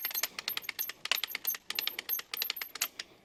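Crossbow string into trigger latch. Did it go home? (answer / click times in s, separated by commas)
yes / 2.8 s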